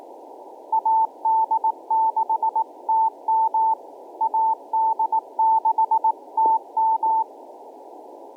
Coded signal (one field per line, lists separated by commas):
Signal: Morse code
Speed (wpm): 18 wpm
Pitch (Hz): 890 Hz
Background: none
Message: AD6TM AD6TM